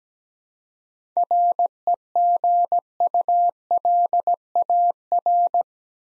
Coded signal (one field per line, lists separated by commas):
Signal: Morse code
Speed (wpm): 17 wpm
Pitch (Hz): 700 Hz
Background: none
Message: REGULAR